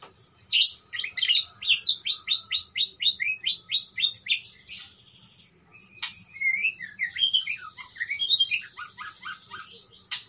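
Parakeet chirping: a quick run of sharp, high chirps repeated rapidly, a short pause, then twisting, warbled notes that rise and fall.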